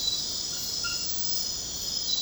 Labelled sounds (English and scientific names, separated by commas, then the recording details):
none
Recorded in secondary vegetation near Puerto Asís, Putumayo, Colombia, on 13 March 2025 at 00:30
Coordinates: 0.498, -76.327
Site G001